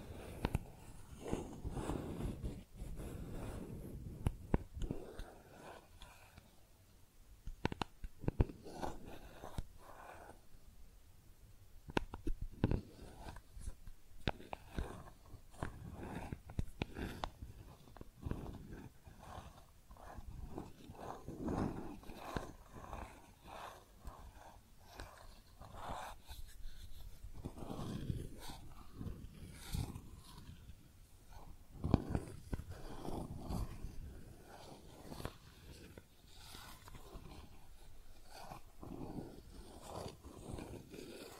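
Makeup tapping and scratching: dense, irregular clicks and soft scrapes continue throughout, with sharper taps around eight, twelve and thirty-two seconds.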